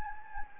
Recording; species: mosquito wingbeat signal from an infrared sensor; Anopheles gambiae